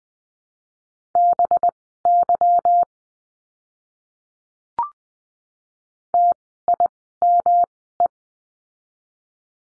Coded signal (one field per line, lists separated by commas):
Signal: Morse code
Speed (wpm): 20 wpm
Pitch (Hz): 700 Hz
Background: none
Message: BY TIME